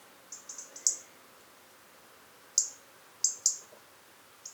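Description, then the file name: European robin calls: loud, sharp, high tick notes, a short run at the start and then single or paired ticks separated by pauses, against a quiet background. "Erithacus rubecula"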